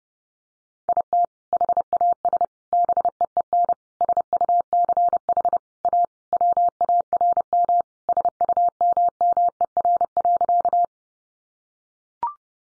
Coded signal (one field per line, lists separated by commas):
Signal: Morse code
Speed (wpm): 30 wpm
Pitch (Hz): 700 Hz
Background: none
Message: IT HAS BEEN SUCH A WARM SUMMER.